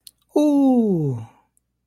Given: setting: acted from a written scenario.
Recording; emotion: vocal sound without words; adoration